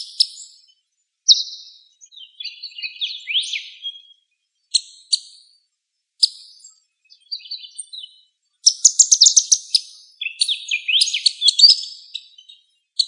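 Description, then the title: Bird song of varied high chirps, trills and quick swept notes in bursts separated by short pauses. "LuckyPassaro Completos2Sama"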